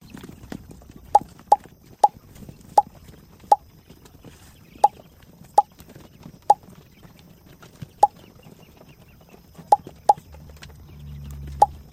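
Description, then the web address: Quail giving short, sharp notes in a loose series, sometimes in quick pairs, with a low hum near the end. Recorded at Orotina. "orotina codorniz"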